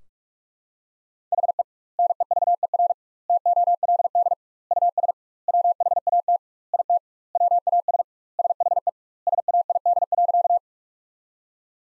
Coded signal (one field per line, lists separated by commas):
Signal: Morse code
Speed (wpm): 46 wpm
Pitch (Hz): 700 Hz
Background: none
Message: HE NEVER TOLD US WHAT IT WAS SHE SAID.